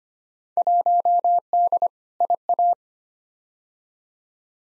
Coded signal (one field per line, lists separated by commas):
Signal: Morse code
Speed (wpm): 25 wpm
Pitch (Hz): 700 Hz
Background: none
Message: 1D IA